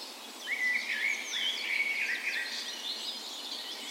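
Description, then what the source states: Birds singing in a dawn chorus, a short burst of high twittering and whistled notes that swells then settles into softer background song. Dawn chorus on the morning of 17 May, Norway's National Day, spring, in a park west in Bergen, Norway; recorded with a Sony PCM A10 and LOM micro Usi mics used as tree ears.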